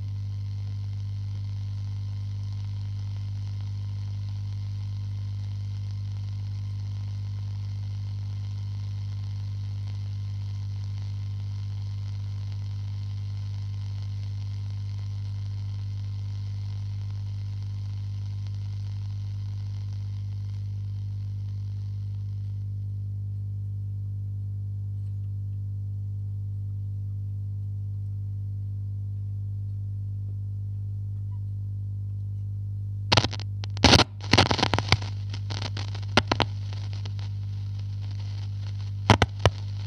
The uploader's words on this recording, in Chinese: 录了一段海燕T241老式收音机调频噪音。